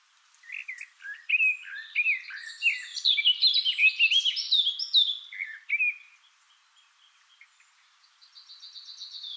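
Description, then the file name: Eurasian blackcap song, a jumbled warble of quick chirping and twittering notes lasting about five seconds, then faint high notes. "Sylvia atricapilla"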